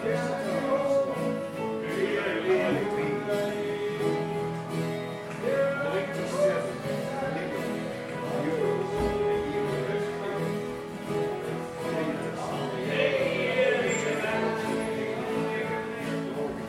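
A group sing-along in an Irish pub, with many voices blending into a dense, steady wash of singing. Sustained pitched lines run throughout, with brighter swells around two and thirteen seconds, and the loudness stays fairly even from start to finish.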